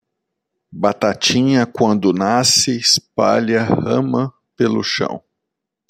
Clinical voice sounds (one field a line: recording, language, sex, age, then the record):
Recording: short text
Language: Brazilian Portuguese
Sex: male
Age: 40 to 49 years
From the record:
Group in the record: control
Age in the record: 42 years